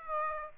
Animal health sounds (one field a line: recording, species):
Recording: mosquito wingbeat signal from an infrared sensor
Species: Aedes aegypti